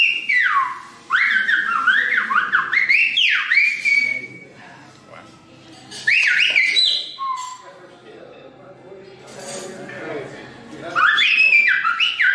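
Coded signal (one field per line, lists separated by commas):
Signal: whistled language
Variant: Silbo Gomero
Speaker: The waitress whistled to ask her colleague to find the camera and return it to the owner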